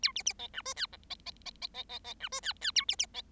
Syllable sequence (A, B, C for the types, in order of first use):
A B B C D E F G C C C C C C C D E F F A B B C